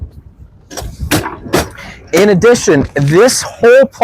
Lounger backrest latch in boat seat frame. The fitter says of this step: And then one more click, now I have a nice bed.